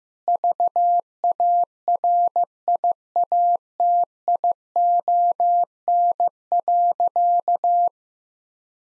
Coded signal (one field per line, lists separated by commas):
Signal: Morse code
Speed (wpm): 15 wpm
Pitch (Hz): 700 Hz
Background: none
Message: VARIATION.